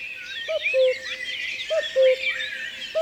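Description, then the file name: Common cuckoo calling its two-note falling cu-coo, repeated about once a second, over a dense chorus of high chirping songbirds. "Le coucou"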